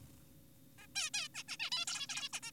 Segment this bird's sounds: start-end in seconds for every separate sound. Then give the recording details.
0.78-0.87, 0.96-1.10, 1.14-1.28, 1.35-1.43, 1.48-1.57, 1.60-1.70, 1.72-1.85, 1.88-2.07, 2.09-2.29, 2.33-2.40, 2.43-2.51. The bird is an adult. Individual g4p5U